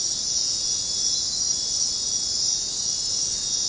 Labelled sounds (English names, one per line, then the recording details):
none
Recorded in dense forest near Puerto Asís, Putumayo, Colombia, on 18 February 2024 at 00:30
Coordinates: 0.503, -76.322
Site G6418